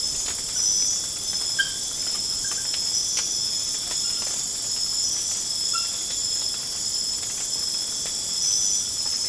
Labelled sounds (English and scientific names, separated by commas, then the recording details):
none
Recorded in pastures near Puerto Asís, Putumayo, Colombia, on 29 June 2025 at 23:30
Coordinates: 0.496, -76.326
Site GP01